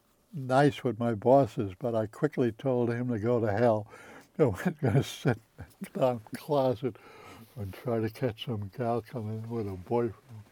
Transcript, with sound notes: nice with my bosses. But I quickly told him to go to hell. I wasn't going to [chuckles] sit in a dark closet and try to catch some gal coming in with her boyfriend.